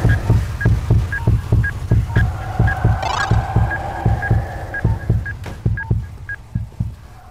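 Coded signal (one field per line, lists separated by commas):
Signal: none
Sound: game heartbeat sounds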